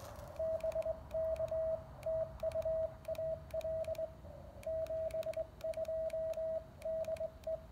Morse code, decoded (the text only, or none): BK TU AL 72 DE